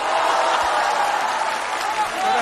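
Steady, dense audience applause fills the whole stretch, a continuous wash of many hands clapping at an even loudness without a break.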